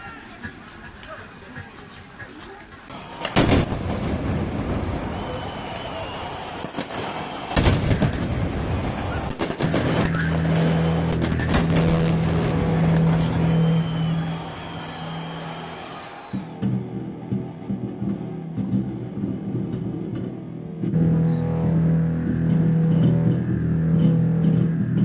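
Street sounds from an ongoing protest in Belarus: a loud rumble with murmuring voices and traffic noise. Sharp bangs hit near 3 and 7.5 seconds, then a steady droning tone rises from about 10 to 16 seconds and returns after 21 seconds.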